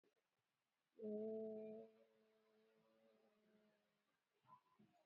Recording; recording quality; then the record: sustained vowel as in made; moderate, slight background noise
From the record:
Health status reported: COVID-19 positive, moderate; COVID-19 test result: positive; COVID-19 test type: RT-PCR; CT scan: not taken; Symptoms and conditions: cough, fever, muscle pain, loss of smell and taste, hypertension, diabetes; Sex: female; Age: 54 years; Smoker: no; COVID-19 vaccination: both doses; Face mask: worn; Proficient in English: yes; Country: India